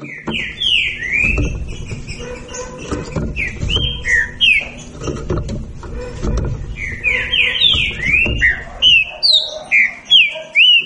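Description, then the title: Green-winged saltator song, repeated bright whistled slurs, some rising and some falling, sung steadily throughout over a background of low thuds and hum. Birds singing against each other in a song dispute. "Trinca Ferro Nicao"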